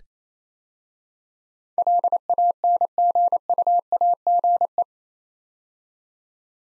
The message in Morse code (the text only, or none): LANGUAGE